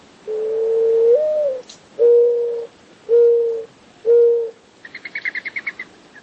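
Mourning Dove cooing: four low, smooth coos, the first longer with a slight rise, followed by a brief burst of rapid higher chirping.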